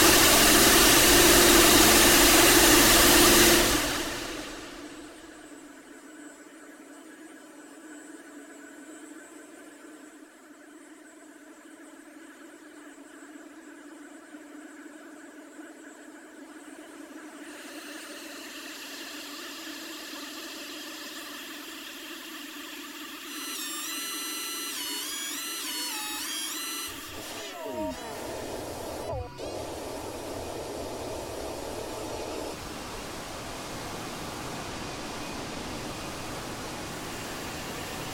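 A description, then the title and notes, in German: Noise and drones: a loud burst of harsh full noise fills the first four seconds, then cuts to a quiet, low hum with faint steady tones. Around 23 seconds a fluttering bright warble appears, and near 27 seconds sweeping pitch glides and rougher noise swell before fading. Noise und Drones mit SunVox und Korg Nanoctrol. SunVox per MIDI gesteuert mit einem Korg NanoControl 2.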